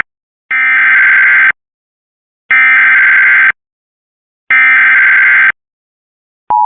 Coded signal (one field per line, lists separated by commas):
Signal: Emergency Alert System (SAME) tones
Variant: header bursts